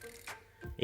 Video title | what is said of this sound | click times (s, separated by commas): Official Samsung Galaxy Note 8 Clear Cover | I clip on this bit because I just find it easy and you hear that little click it | 0.8 s